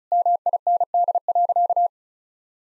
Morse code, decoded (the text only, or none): MIND.